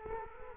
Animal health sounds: mosquito wingbeat signal from an infrared sensor; Culex quinquefasciatus

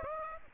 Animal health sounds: mosquito wingbeat signal from an infrared sensor; Aedes aegypti

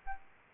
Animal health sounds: mosquito wingbeat signal from an infrared sensor; Aedes albopictus

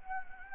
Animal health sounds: mosquito wingbeat signal from an infrared sensor; Anopheles arabiensis

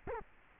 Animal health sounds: mosquito wingbeat signal from an infrared sensor; Culex quinquefasciatus

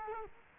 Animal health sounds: mosquito wingbeat signal from an infrared sensor; Culex quinquefasciatus

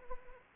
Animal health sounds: mosquito wingbeat signal from an infrared sensor; Anopheles arabiensis

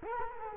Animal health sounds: mosquito wingbeat signal from an infrared sensor; Culex quinquefasciatus

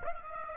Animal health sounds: mosquito wingbeat signal from an infrared sensor; Aedes aegypti

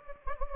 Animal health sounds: mosquito wingbeat signal from an infrared sensor; Anopheles gambiae

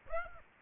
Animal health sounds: mosquito wingbeat signal from an infrared sensor; Aedes aegypti

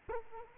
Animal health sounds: mosquito wingbeat signal from an infrared sensor; Culex quinquefasciatus

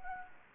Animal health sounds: mosquito wingbeat signal from an infrared sensor; Anopheles gambiae

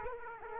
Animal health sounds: mosquito wingbeat signal from an infrared sensor; Aedes aegypti

